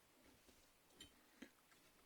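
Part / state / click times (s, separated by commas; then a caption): graphics card into motherboard PCIe slot / not seated / none. A graphics card is pressed into a motherboard PCIe slot, with two faint, brief taps heard at about 1.0 and 1.4 seconds over a quiet background. Nothing clicks into place: the slot's retention hinge latch does not return to its position.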